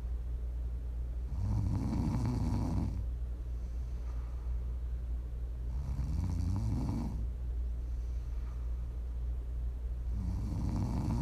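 ASMR snoring from an adult sleeper: three low, rattling snores on inhalation, about every four to five seconds, with quiet exhalations between them.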